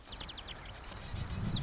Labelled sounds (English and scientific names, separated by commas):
Marsh Wren (Cistothorus palustris)